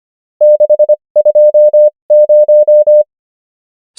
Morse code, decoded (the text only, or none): 620